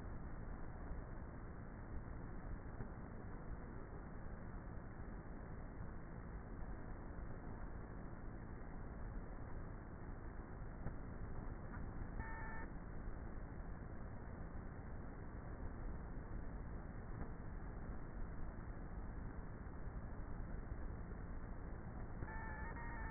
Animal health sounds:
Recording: honeybee colony, microphone inside the hive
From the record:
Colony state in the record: queenless with a low population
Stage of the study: before two queens were removed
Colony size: about 30,000 bees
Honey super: no

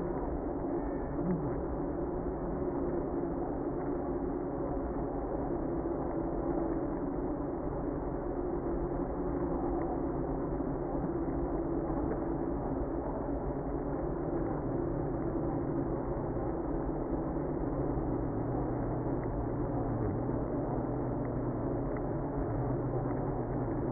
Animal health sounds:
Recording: honeybee colony, microphone inside the hive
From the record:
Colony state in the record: queenless (queen removed)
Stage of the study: after two queens were removed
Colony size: about 60,000 bees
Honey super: yes

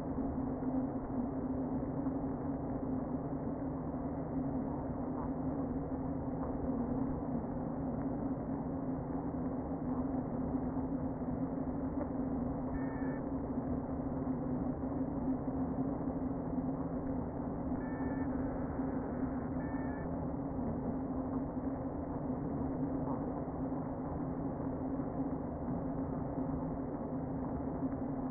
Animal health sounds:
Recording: honeybee colony, microphone inside the hive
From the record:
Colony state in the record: queen present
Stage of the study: before two queens were removed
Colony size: about 60,000 bees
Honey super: yes

